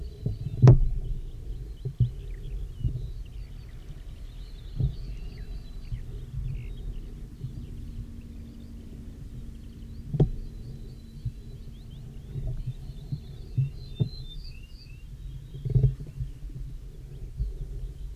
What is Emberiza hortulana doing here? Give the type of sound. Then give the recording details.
song. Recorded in the wild. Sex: male. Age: adult. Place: Walsrode, Lüneburger Heide, Niedersachsen, DE. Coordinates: 52.8667, 9.58333. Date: 1970-05-24. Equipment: Uher 4000 Report-S, Bändchenmikro Beyer M 260, Parabolspiegel Polyester (470 mm). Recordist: Conrads, Klaus. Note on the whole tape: Männchen (Walsrode 1): Gesang, Walsroder-Dialekt